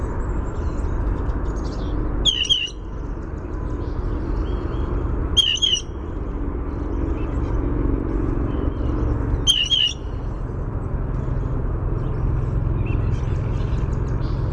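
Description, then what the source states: Blue jay giving squeaky, ringing two-part calls three times, spaced roughly three to four seconds apart, over a steady low rumble with faint high chirps. Pumphandle call.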